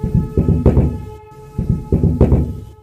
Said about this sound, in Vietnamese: Còn nhớ buổi tối trước hôm xảy ra chuyện, tôi cùng với ông bà nội đang xem tivi ở trong nhà. Bỗng nhiên bên ngoài truyền tới tiếng gõ cửa.